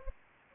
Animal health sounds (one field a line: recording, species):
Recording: mosquito wingbeat signal from an infrared sensor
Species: Anopheles gambiae